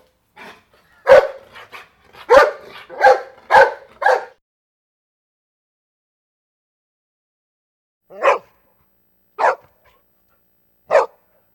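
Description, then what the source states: Dog barking in a rapid cluster of sharp barks, then falling quiet for several seconds before three spaced single barks. Medium-sized dog barking.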